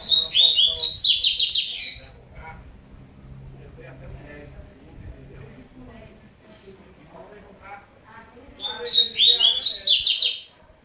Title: Canto Coleiro